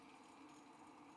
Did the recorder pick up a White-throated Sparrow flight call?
no